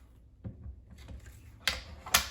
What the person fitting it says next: Yep, literally just push down and it will click in, which is really nice and easy.